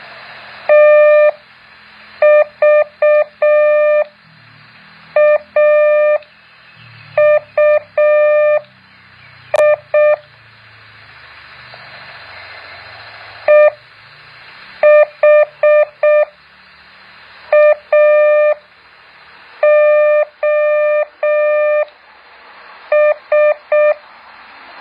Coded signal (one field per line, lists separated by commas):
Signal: Morse code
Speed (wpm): 6 wpm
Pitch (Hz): 600 Hz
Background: none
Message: TVAUI EHAOS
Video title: แบบฝึกหัด Morse code 2.2